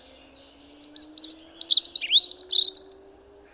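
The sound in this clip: European robin singing a rapid, high tinkling phrase of varied thin whistles and trills lasting about two and a half seconds, with a faint steady low hum underneath.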